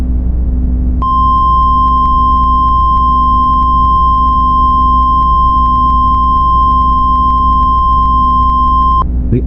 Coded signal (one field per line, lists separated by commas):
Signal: Emergency Alert System (SAME) tones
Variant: 1050 Hz attention tone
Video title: EAS National Emergency Warning: England